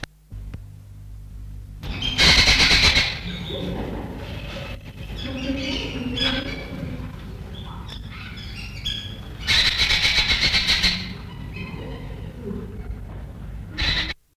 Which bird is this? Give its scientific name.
Cyanocorax yucatanicus